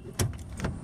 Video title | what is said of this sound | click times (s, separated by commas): 1964 AMC Rambler Classic 660 ...... A Closer Look | hear that click it's locked | 0.2 s